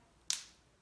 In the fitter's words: hear the snap